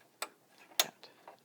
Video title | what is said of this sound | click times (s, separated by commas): How to Thread the Baby Lock Celebrate | make sure you hear that little click in the back like that | 0.8 s